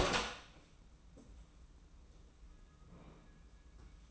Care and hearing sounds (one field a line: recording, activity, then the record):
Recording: daily activity, microphone in the room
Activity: open door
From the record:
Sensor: 1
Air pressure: 994.3 hPa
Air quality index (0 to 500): 214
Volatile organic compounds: 1000 ppm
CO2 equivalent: 7716 ppm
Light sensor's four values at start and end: 112/252/114/126 and 111/251/113/125